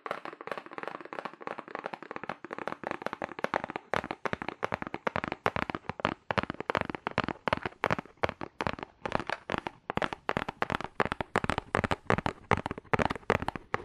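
Fast, aggressive tapping on cardboard, a dense run of sharp dry hits with almost no gaps between them. The rapid patter is sparser for the first few seconds, then fills in and stays busy, with irregular louder knocks scattered throughout.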